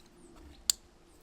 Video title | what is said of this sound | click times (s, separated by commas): Morimoto XB Gen 2 Tail Lights for 2009-2018 Dodge Ram - Install + Honest Review | you can hear that click | 0.7 s